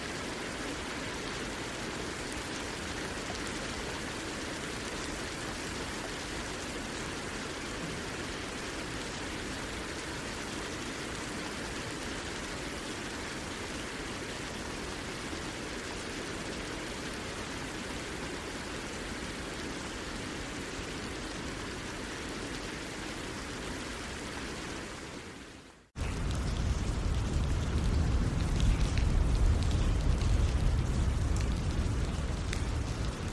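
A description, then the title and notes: Rain falls in a steady, dense hiss for about 26 seconds, with an even patter across the range. A brief dip to near silence follows, then the sound returns louder and heavier, with a strong low rumble under the hiss to the end. Rain Meditation: Embrace Serenity with 4 Hours of Rain Sounds.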